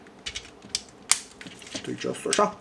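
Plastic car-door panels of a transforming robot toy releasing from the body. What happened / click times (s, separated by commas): Two plastic panels unclipped from the body / 0.8 s, 1.1 s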